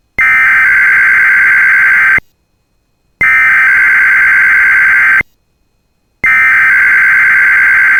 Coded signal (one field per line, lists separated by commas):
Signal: Emergency Alert System (SAME) tones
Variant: header bursts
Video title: [EAS] Compilation 2024 - First of the Year EAS Tests